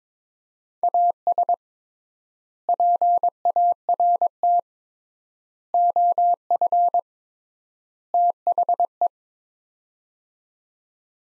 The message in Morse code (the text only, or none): AS PART OF THE